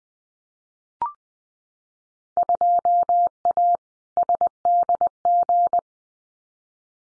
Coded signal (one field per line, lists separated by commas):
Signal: Morse code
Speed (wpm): 20 wpm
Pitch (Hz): 700 Hz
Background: none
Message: 2A SDG